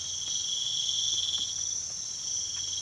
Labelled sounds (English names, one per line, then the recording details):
none
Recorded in pastures near Puerto Asís, Putumayo, Colombia, on 24 March 2025 at 05:00
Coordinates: 0.487, -76.322
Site G077